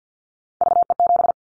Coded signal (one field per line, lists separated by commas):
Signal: Morse code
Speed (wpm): 48 wpm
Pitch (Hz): 700 Hz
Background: none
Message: VE7